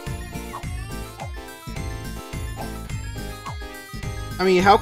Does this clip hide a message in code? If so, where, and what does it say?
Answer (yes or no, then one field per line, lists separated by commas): no